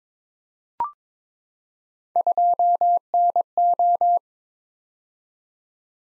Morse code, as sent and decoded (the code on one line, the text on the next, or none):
..--- -. ---
2NO